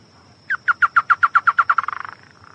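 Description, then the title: Chotoy spinetail song: an opening note then a steady train of loud clipped notes, accelerating into a fading rattle-like trill near the end. "LuckyPassaro Completos2Sama. Chotoy Spinetail (Schoeniophylax phryganophilus)"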